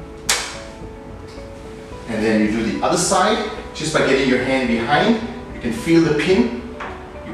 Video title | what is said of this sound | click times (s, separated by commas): BABYHOOD RIYA 5 IN 1 COT NZ Dropside Installation Demonstration Godzown General Store | So you push the one side until you hear a click. | 0.3 s